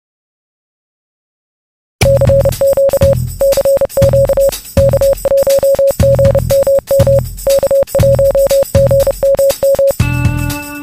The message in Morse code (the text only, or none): CQ CQ K1GMM K1GMM